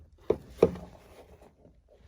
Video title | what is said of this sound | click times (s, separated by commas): How To Replace Glass Side View Mirror Lexus LX470 Toyota Land Cruiser 98 07 | until you hear it click | 0.3 s, 0.6 s